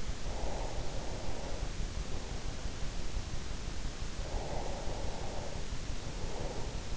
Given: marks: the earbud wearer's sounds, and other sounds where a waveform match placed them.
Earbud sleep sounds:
sounds in sleep by an in-ear microphone; breath
0.00-2.93 s: breath
4.08-6.84 s: breath

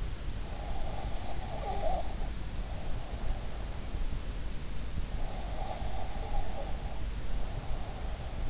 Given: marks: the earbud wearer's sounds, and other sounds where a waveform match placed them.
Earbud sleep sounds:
sounds in sleep by an in-ear microphone; breath
0.58-3.87 s: breath
5.48-8.50 s: breath

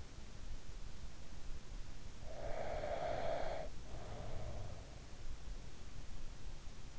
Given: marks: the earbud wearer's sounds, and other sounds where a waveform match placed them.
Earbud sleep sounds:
sounds in sleep by an in-ear microphone; breath
2.21-4.95 s: breath

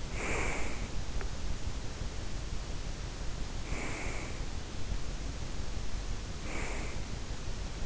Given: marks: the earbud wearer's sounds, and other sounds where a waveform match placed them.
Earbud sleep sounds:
sounds in sleep by an in-ear microphone; breath
0.00-1.20 s: breath
1.72-4.28 s: breath
5.92-7.71 s: breath

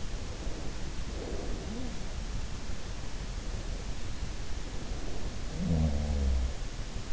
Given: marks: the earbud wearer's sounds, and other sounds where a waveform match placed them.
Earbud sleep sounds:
sounds in sleep by an in-ear microphone; breath
0.28-2.85 s: breath
5.08-7.13 s: sound from someone else or the room

